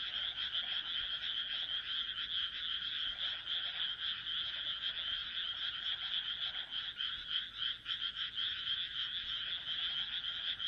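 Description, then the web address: Frogs croaking en masse, a dense, rapid, buzzy trill that never stops. "kaeru kaeru"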